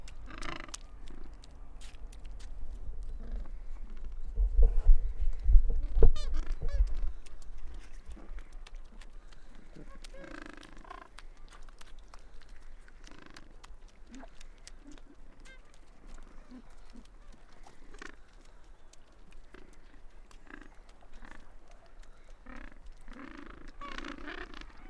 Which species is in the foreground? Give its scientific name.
Pygoscelis papua